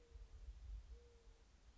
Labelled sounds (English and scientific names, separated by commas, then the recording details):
Mourning Dove (Zenaida macroura)
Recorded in Sonoma County, California